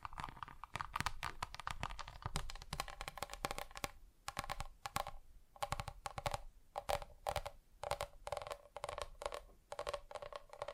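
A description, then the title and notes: Fingers tap rapidly on hard surfaces, no voices. Quick dense bursts of crisp clicks come in clusters with short pauses near 4, 5.5 and 8 seconds, the tone shifting slightly between a hollow knock and a brighter rattle. ASMR Just Tapping (Different Surfaces No Talking).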